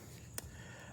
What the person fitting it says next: It just snaps into place and keeps all the leaves out.